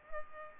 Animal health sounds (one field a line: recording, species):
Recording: mosquito wingbeat signal from an infrared sensor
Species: Culex pipiens